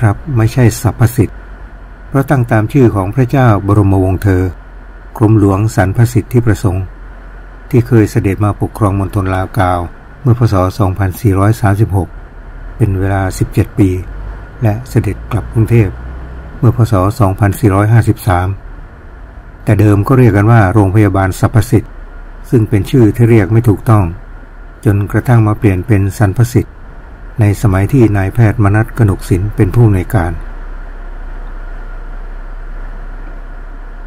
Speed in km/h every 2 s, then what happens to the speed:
16, 14, 10, 8, 10, 13, 17, 22, 23, 22, 22, 20, 18, 18, 16, 10, 5.
0-7 slows to 8. 7-14 speeds up to 22. 14-20 steady at about 22. 20-34 slows to 5.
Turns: none.